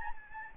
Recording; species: mosquito wingbeat signal from an infrared sensor; Aedes albopictus